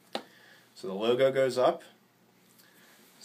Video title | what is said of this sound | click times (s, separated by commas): Petite Basic System (PBS) Setup | these connectors are very simple they just simply snap into the pump and there's only one way that they can fit you can't insert them upside down so | 0.2 s